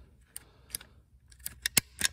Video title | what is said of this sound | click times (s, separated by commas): Window Switch Repair No Parts 2010 (2009-2013) Mazda 6 | You heard it snap. | 1.8 s